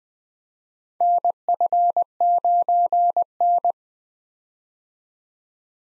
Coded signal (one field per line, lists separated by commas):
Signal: Morse code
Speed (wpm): 20 wpm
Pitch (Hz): 700 Hz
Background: none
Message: NF9N